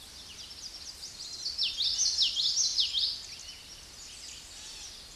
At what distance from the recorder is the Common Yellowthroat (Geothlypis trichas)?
about 10 m